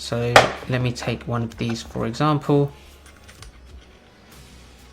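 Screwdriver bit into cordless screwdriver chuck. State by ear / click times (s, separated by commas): not seated / none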